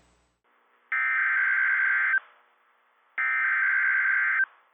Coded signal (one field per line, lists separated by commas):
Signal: Emergency Alert System (SAME) tones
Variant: header bursts